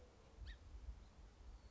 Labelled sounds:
Song Sparrow (Melospiza melodia)

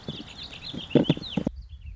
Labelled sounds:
Warbling Vireo (Vireo gilvus)

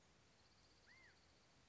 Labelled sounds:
California Quail (Callipepla californica)

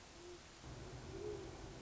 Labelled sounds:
Great Horned Owl (Bubo virginianus)

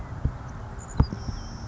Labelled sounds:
Savannah Sparrow (Passerculus sandwichensis)

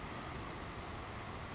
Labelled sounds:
Savannah Sparrow (Passerculus sandwichensis)

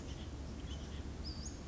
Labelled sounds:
Western Flycatcher (Empidonax difficilis)

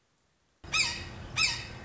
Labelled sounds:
Red-shouldered Hawk (Buteo lineatus)

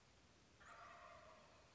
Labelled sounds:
Wild Turkey (Meleagris gallopavo)

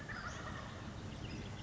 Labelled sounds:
Western Flycatcher (Empidonax difficilis)

